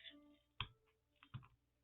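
A hand crimping tool is squeezed on a small fastener, likely an eyelet, set through paper layers while making a window-envelope bookplate. A sharp click is heard at 0.6 s, showing the fastener is set and seated, followed by a second softer hit around 1.3 s.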